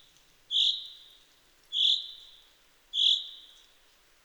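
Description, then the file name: Common chaffinch giving a series of sharp, high single call notes, each with a short fading tail, repeated about every 1.2 seconds; quiet background. "Fringilla coelebs"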